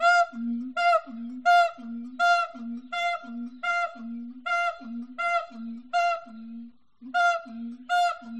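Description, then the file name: Siamang giving rhythmic pairs of low booms and loud, ringing barks, repeated briskly with a short break near the end. "audio hero Monkey Siamang Monkey"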